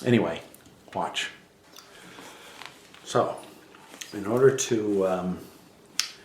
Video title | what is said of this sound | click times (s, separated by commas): Arai Signet Q Review and Opinion | You just lift the shield fully open until it clicks all the way up. | 6.0 s